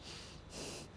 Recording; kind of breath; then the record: one breath in and out by a microphone near the nose and mouth; strong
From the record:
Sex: male